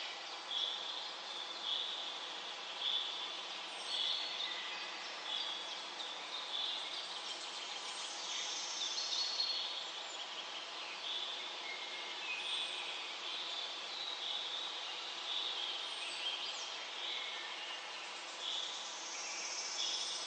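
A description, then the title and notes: A waterfall pours in a steady, dense rush that fills the whole clip without pause, mostly in the middle and upper range. Birds sing over it throughout, with bright chirps and short phrases recurring every second or two. The waterfall and the birds singing.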